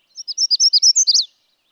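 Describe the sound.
Magnolia warbler giving one short song: a rapid run of high, slurred notes ending in an emphatic upslurred flourish.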